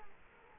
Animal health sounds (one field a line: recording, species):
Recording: mosquito wingbeat signal from an infrared sensor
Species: Culex quinquefasciatus